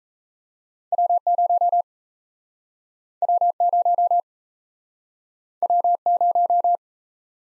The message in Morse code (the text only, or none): W0 W0 W0